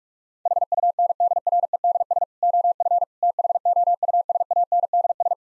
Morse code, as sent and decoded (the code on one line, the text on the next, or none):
.... ..- -. -.. .-. . -.. ... / --- ..-. / - .... --- ..- ... .- -. -.. ...
HUNDREDS OF THOUSANDS